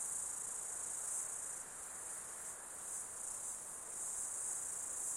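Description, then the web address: Insect chorus, a dense high-pitched drone that swells and dips, with soft background hiss beneath. Summer insect ambience in Australia. "Foundation 1 AMBIENCE AUSTRALIAN SUMMER INSECTS"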